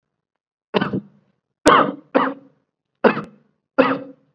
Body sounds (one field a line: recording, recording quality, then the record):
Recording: heavy voluntary cough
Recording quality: excellent, no background noise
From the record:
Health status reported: COVID-19 positive, moderate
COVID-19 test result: positive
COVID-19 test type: RT-PCR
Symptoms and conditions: cough, sore throat, fatigue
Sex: male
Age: 31 years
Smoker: no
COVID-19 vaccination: both doses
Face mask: not worn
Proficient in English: yes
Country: India